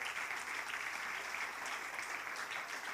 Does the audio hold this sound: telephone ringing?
no